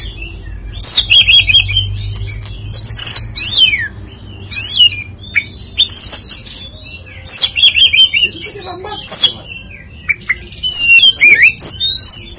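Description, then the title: Oriental magpie-robin with a lively, varied song of high whistles, sharp downslurs and buzzy chips in quick bursts, a low hum beneath. "Kacer"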